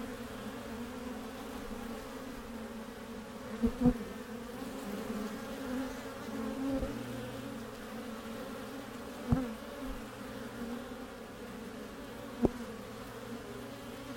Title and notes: Bees - Hive Entrance From Top. A warm spring day in the Mission district, San Francisco 2009